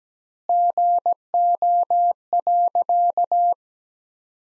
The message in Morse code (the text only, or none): GO.